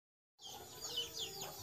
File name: suara burung beo nias